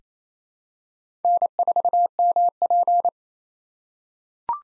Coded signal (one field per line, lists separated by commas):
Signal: Morse code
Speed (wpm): 28 wpm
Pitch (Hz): 700 Hz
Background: none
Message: N4MP